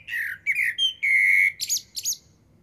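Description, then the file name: Eurasian blackbird song phrase of several rounded whistled notes, one held steady, followed by two short squeaky high flourishes. "Turdus merula"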